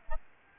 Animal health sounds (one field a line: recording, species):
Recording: mosquito wingbeat signal from an infrared sensor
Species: Aedes albopictus